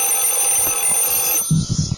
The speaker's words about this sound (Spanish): Por ejemplo, el sonido del timbre del teléfono. A mí es un sonido que realmente me causa una extraña sensación cada vez que lo escucho. De cualquier teléfono, de los viejos, de los nuevos, ese sonido agudo.